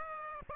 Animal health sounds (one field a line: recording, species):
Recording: mosquito wingbeat signal from an infrared sensor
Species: Aedes aegypti